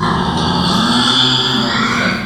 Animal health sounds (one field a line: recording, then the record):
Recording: squeal of a Yucatan mini pig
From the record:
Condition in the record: after surgery on the right vocal fold (resection and tissue-engineered implant)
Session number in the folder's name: 16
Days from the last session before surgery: 183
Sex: female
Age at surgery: 19 weeks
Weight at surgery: 25 kg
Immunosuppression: prednisolone